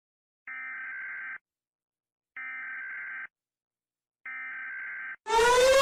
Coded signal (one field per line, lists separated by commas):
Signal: Emergency Alert System (SAME) tones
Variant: header bursts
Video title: Rating EAS Alerts (Remade) (1 year anniversary) (A-Z)